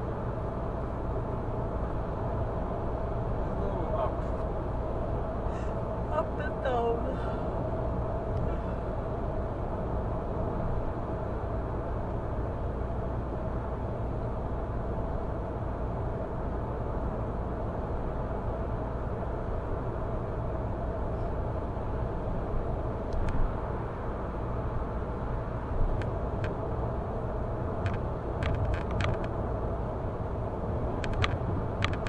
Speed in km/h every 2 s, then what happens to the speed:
105, 105, 105, 105, 105, 105, 105, 105, 105, 105, 105, 106, 106, 107, 107, 107.
0-32 steady at about 105.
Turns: none.